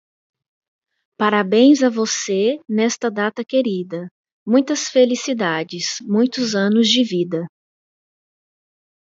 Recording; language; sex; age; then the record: short text; Brazilian Portuguese; female; 40 to 49 years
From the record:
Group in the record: control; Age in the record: 43 years